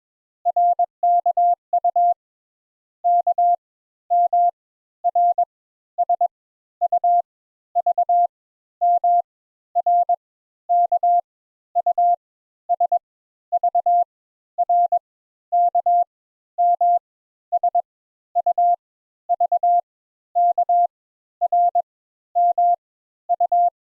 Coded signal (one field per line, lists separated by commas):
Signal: Morse code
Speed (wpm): 22 wpm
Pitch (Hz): 700 Hz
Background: none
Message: RKU K M R S U V M R K U S V R K M S U V K R M U